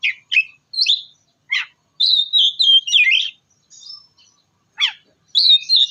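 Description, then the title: Oriental magpie-robin song with crisp downslurred chips, then a bright warbling whistled phrase, a pause, and more chips and whistles near the end. "kacer"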